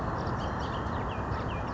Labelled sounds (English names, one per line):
Bullock's Oriole